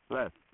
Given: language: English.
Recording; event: throat vibration sensor signal played as sound; speech